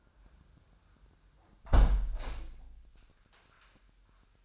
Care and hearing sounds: daily activity, microphone in the room; close window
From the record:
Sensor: 2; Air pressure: 998.3 hPa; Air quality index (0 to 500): 140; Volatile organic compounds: 4 ppm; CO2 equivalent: 1594 ppm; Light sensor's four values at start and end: 8/18/8/8 and 7/18/7/8

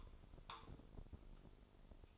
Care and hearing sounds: daily activity, microphone in the room; take from stove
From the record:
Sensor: 5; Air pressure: 995.5 hPa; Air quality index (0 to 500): 99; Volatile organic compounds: 6 ppm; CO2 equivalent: 1888 ppm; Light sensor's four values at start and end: 34/81/33/35 and 34/81/33/34

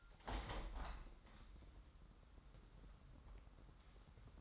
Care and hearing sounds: daily activity, microphone in the room; open window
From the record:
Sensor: 3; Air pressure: 997.9 hPa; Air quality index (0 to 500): 140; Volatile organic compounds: 4 ppm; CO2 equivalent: 1668 ppm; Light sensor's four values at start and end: 14/41/17/15 and 14/41/16/15

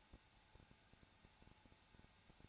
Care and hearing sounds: daily activity, microphone in the room; no activity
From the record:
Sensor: 2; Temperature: 21.0 degrees Celsius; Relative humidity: 34.3%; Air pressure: 994.4 hPa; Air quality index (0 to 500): 171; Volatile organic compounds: 3 ppm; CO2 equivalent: 1329 ppm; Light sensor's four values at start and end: 2/3/2/2 and 2/3/2/2

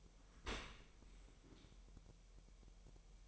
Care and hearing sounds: daily activity, microphone in the room; open dishwasher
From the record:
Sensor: 1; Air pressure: 1000.7 hPa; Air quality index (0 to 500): 248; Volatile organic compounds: 144 ppm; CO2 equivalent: 3998 ppm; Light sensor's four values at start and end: 11/28/11/12 and 11/28/11/12

